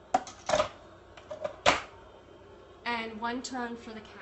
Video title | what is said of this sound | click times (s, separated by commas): Weekend Juicing 🎉💣🍍🍏 | One click for the screen. | 0.1 s